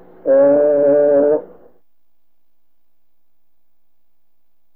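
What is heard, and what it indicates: Egophony heard through a stethoscope on an adult chest: a voiced "E" with a nasal, bleating resonance lasting about one second, followed by silence. Usually heard over the posterior chest wall when the patient says "E"; caused by pleural effusion, pneumonia, or fibrosis.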